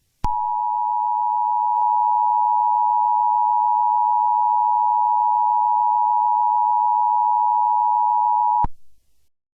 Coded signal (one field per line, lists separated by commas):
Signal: Emergency Alert System (SAME) tones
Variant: 853 and 960 Hz attention tone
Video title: EAS Scenario #5 - Time Goes Forwards